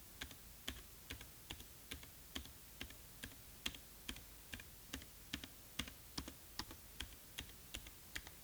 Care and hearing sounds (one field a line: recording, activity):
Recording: daily activity, guitar pickup as the sensor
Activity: type